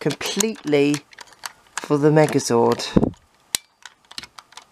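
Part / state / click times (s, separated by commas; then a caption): plastic leg lock tab on a toy combining robot / seated / 3.5 s. Someone talks, then, after a small black button is pressed and the legs are folded in, a plastic leg lock tab on a Megazord toy combining robot is pushed into place to stop the legs moving. A sharp plastic click sounds at 3.6 s, followed by a few quieter handling taps. The tab locks into place.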